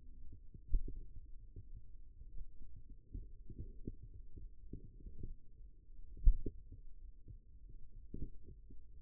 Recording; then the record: forearm muscle sounds (acoustic myography)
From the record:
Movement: finger pinch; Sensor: system 2, bracelet of six BSWA MPA416 microphones around the upper forearm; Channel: 3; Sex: male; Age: 22 years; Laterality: right